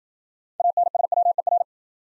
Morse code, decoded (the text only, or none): ANSWER